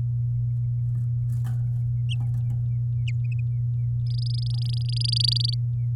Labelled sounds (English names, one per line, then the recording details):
Domestic Canary song
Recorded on 11 May 2018 at 10:16
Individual llb16